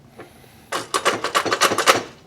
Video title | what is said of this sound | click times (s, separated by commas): Is the Cheapest Drywall Lift on Amazon Any Good? | and then it's locked now this little spot right here has has a | 1.2 s, 1.5 s, 1.8 s, 1.9 s